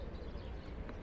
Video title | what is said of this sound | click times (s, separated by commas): SYM Joyride 16 300 İle "Bi Tur Attım" | basıp sağa çevirdiniz tık diye de açılıyor çok rahat kapanıyor açılıyor öyle bir ayarsızlığı falan da yok gayet | 0.9 s